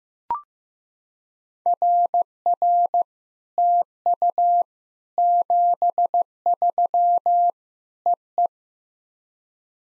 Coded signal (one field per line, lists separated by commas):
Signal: Morse code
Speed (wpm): 15 wpm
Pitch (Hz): 700 Hz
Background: none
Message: RR TU 73 EE